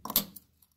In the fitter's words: once it slides forward so far you just push it down and it's locked in place